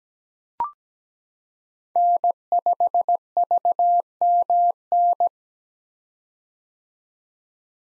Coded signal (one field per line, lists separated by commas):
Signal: Morse code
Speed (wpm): 17 wpm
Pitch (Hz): 700 Hz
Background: none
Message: N5VMN